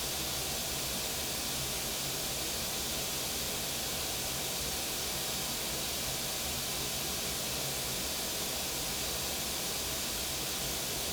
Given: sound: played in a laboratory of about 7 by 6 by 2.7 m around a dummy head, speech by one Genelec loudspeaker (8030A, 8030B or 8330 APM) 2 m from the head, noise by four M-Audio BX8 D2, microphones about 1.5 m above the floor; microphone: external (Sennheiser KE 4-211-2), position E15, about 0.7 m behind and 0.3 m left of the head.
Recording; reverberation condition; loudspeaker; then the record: white noise; low; four, about 170 cm from the corners of the room and facing them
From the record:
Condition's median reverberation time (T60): about 310 ms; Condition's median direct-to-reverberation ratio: about 3.5 dB